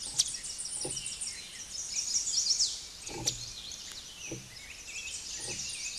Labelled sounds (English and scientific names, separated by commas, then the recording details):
Chestnut-sided Warbler (Setophaga pensylvanica) song
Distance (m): 20 m
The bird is about 10 m above the microphone
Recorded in a Pennsylvania forest on 16 May 2024 at 09:21
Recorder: AudioMoth, point MSD-1405
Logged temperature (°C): 15.6 °C
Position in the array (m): 162 m, 208 m